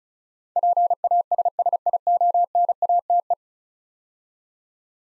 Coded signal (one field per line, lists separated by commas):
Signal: Morse code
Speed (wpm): 36 wpm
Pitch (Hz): 700 Hz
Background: none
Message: PASSIONATE